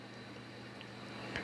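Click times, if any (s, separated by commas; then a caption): 1.4 s. A MagSafe magnetic wireless charging puck is slid slowly across the back of a phone. Over a low steady hum, a faint tick sounds at 0.8 s, then a sharp snap at 1.4 s as the puck seats at the center of the phone.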